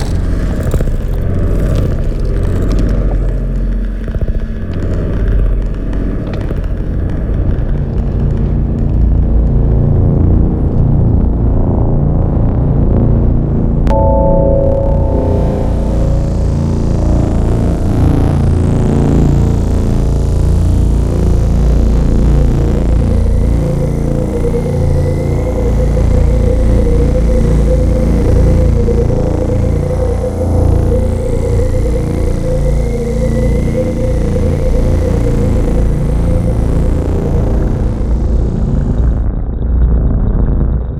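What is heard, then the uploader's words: A dark, dense drone rumbles low and steady throughout, layered with shifting mid tones. Around 14 seconds a sharp impact hits, after which a brighter hiss and a thin whistling tone swell in over the rumble before cutting off near the end. Experimental ambiences, intriguing drones, dark stylized sound effects, disturbing impacts and unreal textures. Mysterious Cinematic Sounds.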